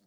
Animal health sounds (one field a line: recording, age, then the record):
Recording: pig call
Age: piglet (1 to 25 days)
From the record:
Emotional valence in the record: positive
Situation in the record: reunion after long isolation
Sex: male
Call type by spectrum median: low-frequency call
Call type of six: low-frequency tonal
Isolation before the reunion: 8 minutes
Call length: 0.07 s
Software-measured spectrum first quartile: 249 Hz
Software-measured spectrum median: 971 Hz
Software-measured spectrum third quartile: 6939 Hz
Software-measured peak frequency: 193 Hz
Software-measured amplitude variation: 6 dB a second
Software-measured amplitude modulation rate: 13.4 a second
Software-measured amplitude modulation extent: 0.5 dB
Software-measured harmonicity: 6.7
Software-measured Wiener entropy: -2.79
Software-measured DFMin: 674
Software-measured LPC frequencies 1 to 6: 1635, 3585, 4385, 5788, 7210, 8479 Hz